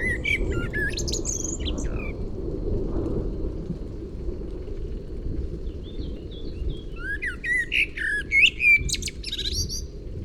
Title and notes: 21 Route du Mollard, 01300 Massignieu-de-Rives, France - juin 1999 orage et merle. Merle et orage, puis grillons